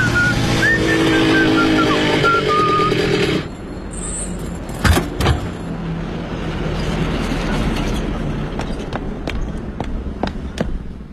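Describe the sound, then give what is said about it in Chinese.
On a spring Sunday afternoon, a courier rides his sapphire-blue motorcycle up to a company's front desk, whistling. The engine roars loudly for about three seconds with the high melodic whistle over it, then drops to a quieter rumble broken by a few sharp clicks and taps. “愉快地吹着口哨，骑着他心爱的宝蓝色的摩托车来到一家公司的前台。”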